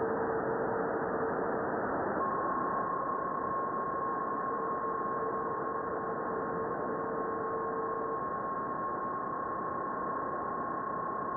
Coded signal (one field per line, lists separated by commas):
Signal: PSK31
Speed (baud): 31.25 baud